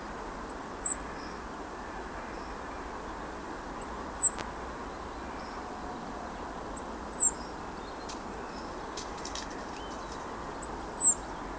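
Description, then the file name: European robin with four thin, piercing high seee notes repeated every three to four seconds, a few faint clicks between them, over continuous low background rumble. "Erithacus rubecula"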